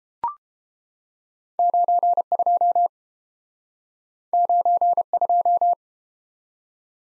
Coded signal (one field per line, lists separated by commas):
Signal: Morse code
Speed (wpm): 30 wpm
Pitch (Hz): 700 Hz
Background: none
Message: 92 92